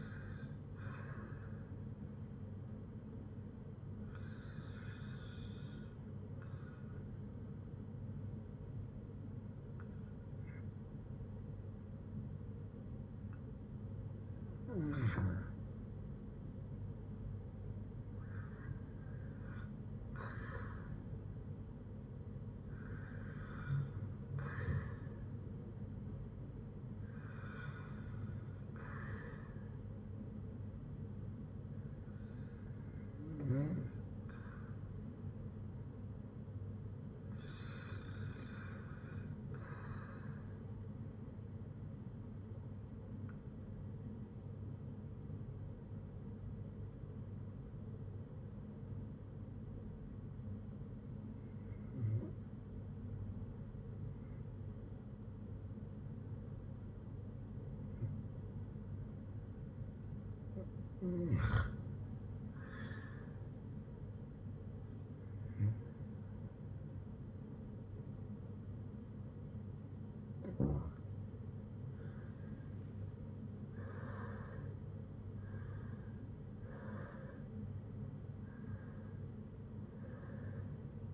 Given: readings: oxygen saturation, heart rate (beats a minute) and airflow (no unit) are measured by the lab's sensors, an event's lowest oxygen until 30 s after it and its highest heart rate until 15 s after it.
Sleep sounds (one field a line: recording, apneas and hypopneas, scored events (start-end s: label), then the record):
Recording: breathing in sleep by a smartphone at the bedside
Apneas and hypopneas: 2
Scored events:
5.00-22.10 s: hypopnea (REM, oxygen 95% highest, then 92% lowest, heart rate 60 at the start, 70 highest)
45.00-72.60 s: hypopnea (REM, oxygen 96% highest, then 88% lowest, heart rate 63 at the start, 85 highest)
61.00-81.14 s: new sleep stage, N1 (lightest sleep)
From the record:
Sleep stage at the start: REM sleep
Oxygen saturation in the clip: 92 to 97%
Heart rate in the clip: 57 to 85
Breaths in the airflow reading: 19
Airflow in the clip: -7.1 to 7.2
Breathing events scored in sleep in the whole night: 182 in 7.4 hours asleep